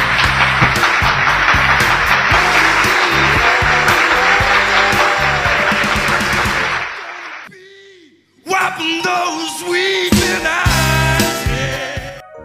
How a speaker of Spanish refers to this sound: Viene el brindis final y el aplauso con el que despedimos todos los años.